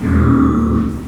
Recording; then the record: squeal of a Yucatan mini pig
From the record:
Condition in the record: after surgery on the right vocal fold (resection and tissue-engineered implant); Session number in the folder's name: 11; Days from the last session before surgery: 98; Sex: female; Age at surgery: 19 weeks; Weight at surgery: 25 kg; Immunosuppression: prednisolone